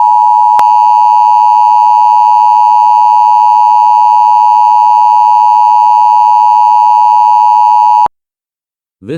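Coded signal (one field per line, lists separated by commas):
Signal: Emergency Alert System (SAME) tones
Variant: 853 and 960 Hz attention tone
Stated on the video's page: Mock EAS scenario, not a real alert.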